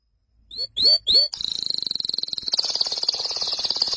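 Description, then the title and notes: Canary song opening with three sweeping whistled notes, then a long rapid high trill that rolls on steadily, slightly changing tone halfway. "BM Suara Kenari. BM Suara Burung Kenari"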